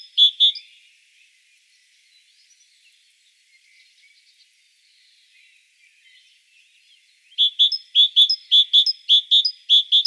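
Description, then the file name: Great tit song: a brief two-note phrase at the start, a quiet pause, then a run of high, ringing paired notes repeated rapidly over the last three seconds. "Parus major"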